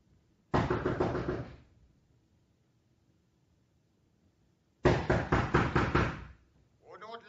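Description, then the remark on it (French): Two loud bursts of rapid knocking on a door by the police, each a quick run of heavy raps lasting about a second, separated by a pause, with a voice beginning to speak at the very end, in a 1954 production of Cocteau's Orphée. “Ouvrez ou j'enfonce la porte.”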